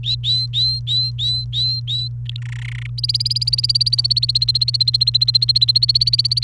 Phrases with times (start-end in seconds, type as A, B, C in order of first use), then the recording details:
0.03-2.09 A, 2.25-2.40 B, 2.42-2.87 C, 2.98-6.43 D. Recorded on 29 April 2018 at 15:32. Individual llb3